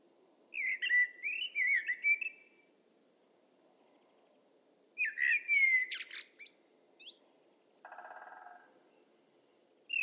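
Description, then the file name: Common blackbird song: a warbling fluted phrase, then another rising into high squeaky notes, followed by a brief scratchy chatter, with quiet gaps between. "Turdus merula"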